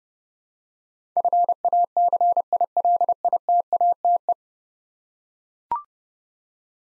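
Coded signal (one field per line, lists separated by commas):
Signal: Morse code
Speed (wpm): 30 wpm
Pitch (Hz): 700 Hz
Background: none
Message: FACILITATE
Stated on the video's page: Morse practice at 30 wpm sending 10-letter words, each sent twice for head-copy training.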